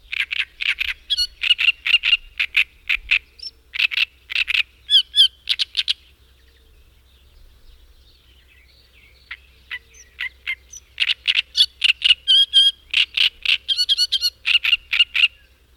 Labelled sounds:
Great Reed Warbler (Acrocephalus arundinaceus) song
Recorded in the wild
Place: Balcik, Varna, BG
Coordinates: 43.427, 28.162
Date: 1974-06-07 05:00
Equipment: Nagra III BH, Sennheiser MD 21, parabola
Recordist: Schubert, Michael
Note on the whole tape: Gesang Drosselrohrsänger

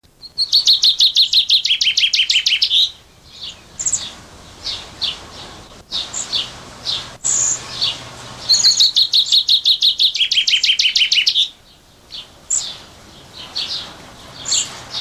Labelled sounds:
Common Chaffinch (Fringilla coelebs) song
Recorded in captivity
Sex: male
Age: adult
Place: Zoo Berlin, Berlin, DE
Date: 1986-05-23 11:10
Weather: sunny, 15°C
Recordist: Tembrock, Günter

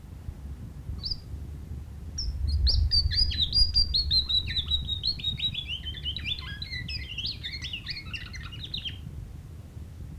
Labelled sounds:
Orange-breasted Waxbill (Amandava subflava) song
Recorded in captivity
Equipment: Halbspur, 9,5 cm/s
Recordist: Lütgens, Hans
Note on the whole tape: Gesang

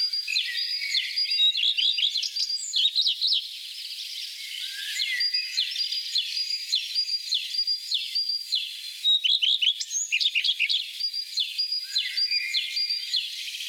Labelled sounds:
Common Redstart (Phoenicurus phoenicurus) song
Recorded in the wild
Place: Oberrotweil am Kaiserstuhl, Baden-Württemberg, DE
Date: 1987-04-20
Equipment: Alparon-Reflektor
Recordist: Schwarz, Dieter
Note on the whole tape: Song

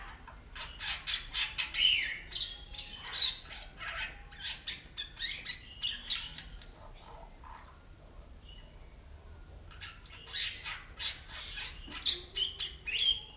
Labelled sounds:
Bali Myna (Leucopsar rothschildi)
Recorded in captivity
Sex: male
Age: adult
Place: Zoo Berlin, Berlin, DE
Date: 1994-03-26 11:48
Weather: 4-5°C, bedeckt, z.T. Regen
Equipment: Marantz CP 430, Sennheiser ME 80, Kopie Uher Variocord 263
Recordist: Tembrock, Günter

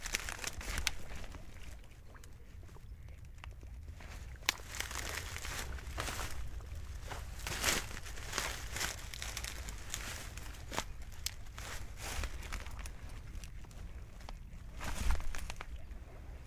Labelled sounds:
Moor Frog (Rana arvalis) call
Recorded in the wild
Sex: male
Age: adult
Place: Kützerhof, Kummerower See, Mecklenburg-Vorpommern, DE
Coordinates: 53.8497, 12.8825
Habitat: wetland
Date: 2010-04-13 21:35
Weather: klare Nacht, 8°C, windstill, Wassertemperatur 9,8°C
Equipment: Sound Devices 702, zwei Sennheiser MKH 40, Rycote Windschutz
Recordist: Frommolt, Karl-Heinz

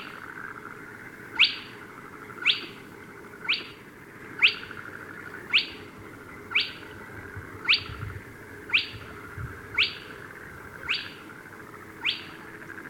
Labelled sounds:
Spotted Crake (Porzana porzana) call
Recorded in the wild
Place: Schwerin, Großer Dambecker See, Mecklenburg-Vorpommern, DE
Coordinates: 53.781, 11.392
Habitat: lake
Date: 1975-05-09 21:30
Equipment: Nagra III BH, Sennheiser MD 21, parabola
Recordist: Schubert, Michael

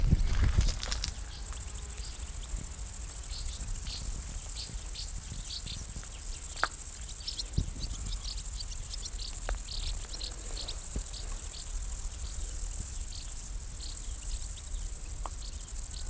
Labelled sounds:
Great Green Bush-cricket (Tettigonia viridissima) stridulation
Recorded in the wild
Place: Gößweinstein, Fränkische Schweiz, Bayern, DE
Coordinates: 49.72, 11.07
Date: 1995-09-05 15:20
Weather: wechselnd, sonnig, 18°C
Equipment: Nagra SN, Sennheiser ME 80, Kopie Uher 4000 Report Monitor
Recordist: Tembrock, Günter

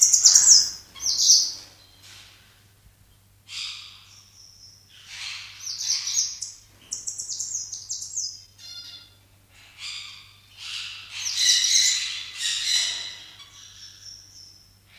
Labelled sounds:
Yellow-fronted Canary (Crithagra mozambica) song
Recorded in captivity
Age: adult
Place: Zoo Rostock, Mecklenburg-Vorpommern, DE
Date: 1984-02-03 13:20
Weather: overcast, intermittent rain, 3-5°C
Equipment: Nagra SN, Kopie Uher 4000 Report Monitor
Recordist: Tembrock, Günter

